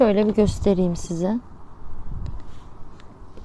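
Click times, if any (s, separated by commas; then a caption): 2.3 s, 3.0 s. A repaired parcel shelf (rear luggage shelf) piece is fitted into its mounting point in a car boot. Someone talks for the first 1.4 seconds, followed by quiet handling and two short, sharp clicks at 2.3 s and 3.0 s. The piece is fully seated and no longer wobbles.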